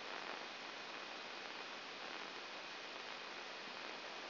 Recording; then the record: brain microelectrode recording played as sound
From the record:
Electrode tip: outside the subthalamic nucleus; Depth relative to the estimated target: -0.002 mm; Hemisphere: left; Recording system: AlphaMap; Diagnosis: Parkinson's disease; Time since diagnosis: 11 years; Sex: female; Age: 60 years